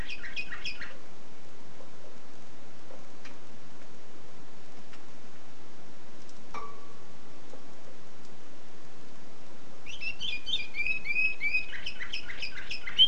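Canary chirping briefly at the start, a long near-silent stretch with a single soft tone, then a lively burst of trilled song in the final seconds.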